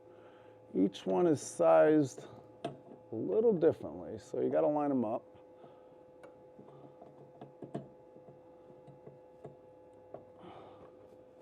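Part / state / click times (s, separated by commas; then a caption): LED headlight bulb into the car headlight housing / not seated / none. Someone talks while lining up the notched base of an LED headlight bulb with the matching cut-outs in a Cadillac ATS headlight housing, followed by a few faint handling ticks and taps. Nothing has seated or clicked into place yet.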